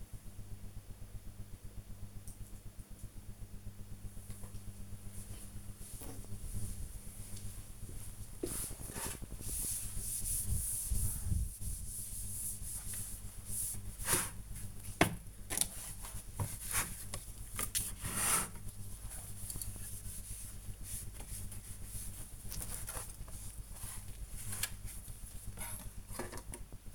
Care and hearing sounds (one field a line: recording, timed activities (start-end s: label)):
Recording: household activities, microphone on the right wrist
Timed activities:
4.42-26.95 s: dusting furniture